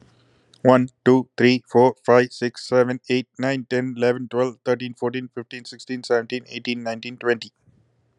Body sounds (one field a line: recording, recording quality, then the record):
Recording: counting at a fast pace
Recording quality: excellent, no background noise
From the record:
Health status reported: exposed to COVID-19, no respiratory illness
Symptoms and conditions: cold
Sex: male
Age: 47 years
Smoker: not ticked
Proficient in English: yes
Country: United States